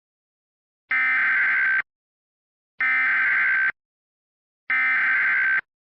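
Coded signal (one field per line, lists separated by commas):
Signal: Emergency Alert System (SAME) tones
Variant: header bursts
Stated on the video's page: Fictional EAS scenario, not a real alert.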